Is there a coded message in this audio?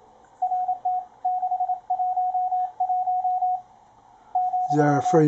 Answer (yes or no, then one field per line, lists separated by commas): yes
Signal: Morse code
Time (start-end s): 0.4-5.2 s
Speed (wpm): 28 wpm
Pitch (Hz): 730 Hz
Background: speech, radio noise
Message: RT 611 ,